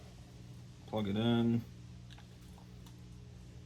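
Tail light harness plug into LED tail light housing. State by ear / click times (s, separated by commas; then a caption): not seated / none. A tail light wiring harness plug is handled at the back of a new LED Jeep tail light housing, ready to be pushed in. Someone talks briefly early on, then only low background hum with a couple of faint ticks follows. Nothing has seated or clicked yet.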